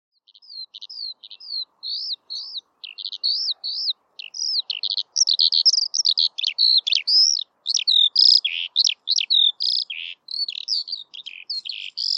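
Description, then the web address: Bird song of high, thin slurred notes, starting as spaced chirps and building into a fast, busier twitter of varied phrases. "Bird Only"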